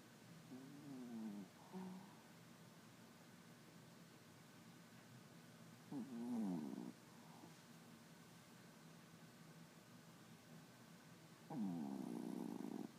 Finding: Small Dog Snoring.